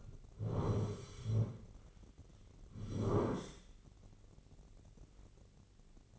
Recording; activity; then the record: daily activity, microphone in the room; sit down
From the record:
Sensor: 4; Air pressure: 1010.0 hPa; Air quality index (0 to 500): 182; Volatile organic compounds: 2 ppm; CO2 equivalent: 1314 ppm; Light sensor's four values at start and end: 43/105/44/47 and 43/105/44/48